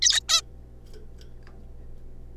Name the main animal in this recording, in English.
Zebra Finch